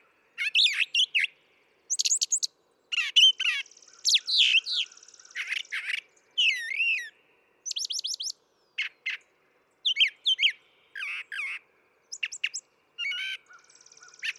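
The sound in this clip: Brown thrasher delivering a long, varied song: a steady flow of whistled, chirpy and scratchy phrases with quick pauses between them.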